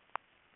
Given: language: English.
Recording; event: throat vibration sensor signal played as sound; swallow